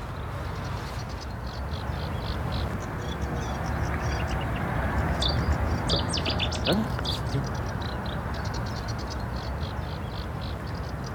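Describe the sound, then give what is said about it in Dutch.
A Cetti's warbler bursts into a short, loud run of sharp, bright notes midway, over a constant rushing background and scattered high twittering from other birds. “Gehoord? Ook Setizanger.”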